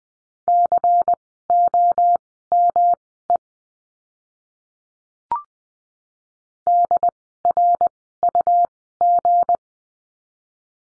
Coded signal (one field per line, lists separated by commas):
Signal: Morse code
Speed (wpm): 19 wpm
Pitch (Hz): 700 Hz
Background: none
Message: COME DRUG